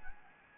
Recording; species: mosquito wingbeat signal from an infrared sensor; Anopheles gambiae